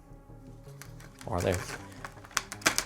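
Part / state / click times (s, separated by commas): LED light tube end into hex garage light connector / seated / 2.4 s, 2.7 s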